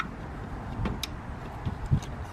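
A wiring harness connector with a broken plastic clip is plugged back into the alternator of an F150 during alternator installation. Amid low background rumble, a short, sharp click is heard at 1.0 s, followed by a few quieter knocks. The connector seats despite the broken clip.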